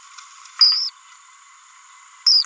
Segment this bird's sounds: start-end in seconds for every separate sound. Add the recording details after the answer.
0.59-0.89, 2.27-2.45. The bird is a female. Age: 30 days. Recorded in a nest box in Venezuela. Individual 17B42B3